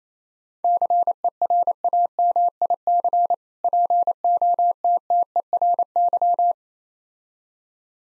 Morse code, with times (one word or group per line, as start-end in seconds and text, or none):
0.6-3.3 CERAMIC
3.6-6.5 POTTERY